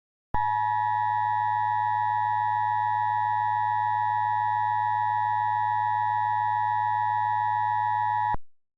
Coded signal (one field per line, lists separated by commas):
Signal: Emergency Alert System (SAME) tones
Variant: 853 and 960 Hz attention tone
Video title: EAS Mock: "Internal Troubles" [Required Monthly Test]